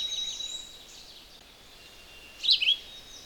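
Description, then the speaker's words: Philadelphia Vireo song: a short burst of high, slurred notes near the end after a quiet stretch, over a steady high hiss. Male singing directly overhead in deciduous woods; phrased song of a few notes, then a pause, repeated. "There's a bird called a Philadelphia vireo, and he's singing right above me."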